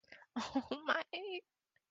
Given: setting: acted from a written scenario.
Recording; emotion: vocal sound without words; distress